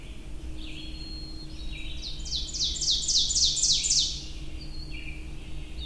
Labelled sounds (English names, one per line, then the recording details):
Ovenbird song
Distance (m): 15 m
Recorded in boreal forest in Alberta, Canada, on 23 June 2016 at 05:18
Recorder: SongMeter 3, array SBT-6-76
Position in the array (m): 139 m, 99 m
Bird 3